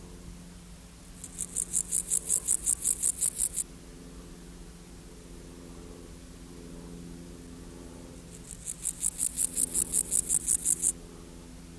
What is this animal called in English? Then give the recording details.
Water-meadow Grasshopper. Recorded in the wild. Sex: male. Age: imago. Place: Lienen, Nordrhein-Westfalen, DE. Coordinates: 52.1422, 7.92583. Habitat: meadow. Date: 1991-09-12 18:01. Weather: sunny, ca. 18°C. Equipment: Marantz CP 430, Kopie Tesla B 116. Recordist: Tembrock, Günter. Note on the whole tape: Lienen, Ellerhooksweg. Stridulation, längere Stücke, sehr gut, z.T. abweichende Lautformen, anfangs Rivalenlaute